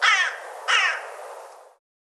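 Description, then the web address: Bird calling twice with loud, raspy caws, the second one trailing off slowly before silence. "cianscape birddata Bird Co Co Co Co"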